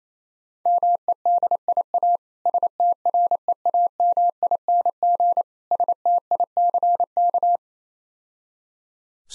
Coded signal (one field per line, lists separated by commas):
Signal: Morse code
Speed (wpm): 27 wpm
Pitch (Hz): 700 Hz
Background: none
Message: MEDIA STREAMING STICK